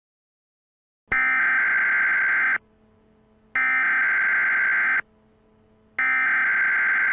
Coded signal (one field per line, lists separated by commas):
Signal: Emergency Alert System (SAME) tones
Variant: header bursts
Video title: EAS Scenario: The Next Big One